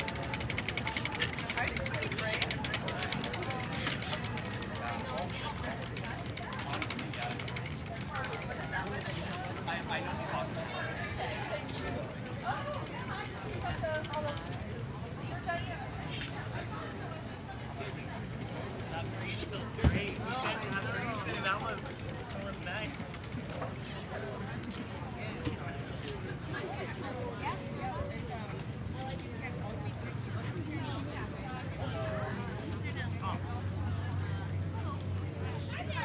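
A farmers market full of people talking, overlapping voices forming a steady, dense chatter throughout. A low rumble runs underneath the whole time, and a single sharp knock stands out near the twentieth second, with smaller clicks scattered elsewhere.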